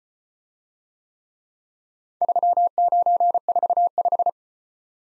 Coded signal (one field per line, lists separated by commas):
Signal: Morse code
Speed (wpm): 34 wpm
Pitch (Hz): 700 Hz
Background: none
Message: 3945